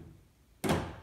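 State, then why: Released. The plastic front panel of an indoor heat pump unit is pulled open by its two small corners, swinging up and staying open on its own. After quiet low-level background, a sharp broadband click at 0.6 s marks the panel releasing, followed by a brief decaying thunk. No one talks during the clip.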